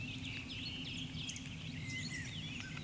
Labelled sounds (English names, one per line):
Eurasian Woodcock whistle